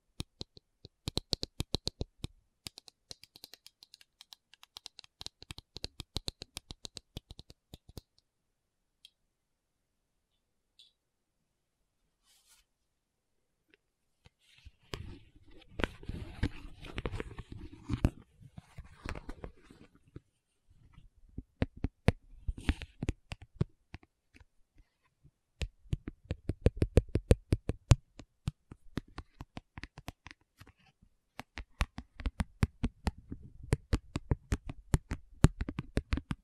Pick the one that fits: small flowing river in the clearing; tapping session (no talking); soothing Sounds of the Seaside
tapping session (no talking)